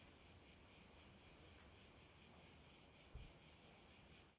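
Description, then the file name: Cicadas drone in a high, pulsing buzz at night; a brief low thump sounds near the end while the chorus carries on. "Ambience Cicadas Night 1"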